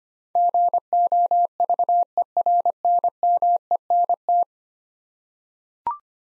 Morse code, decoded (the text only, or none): GOVERNMENT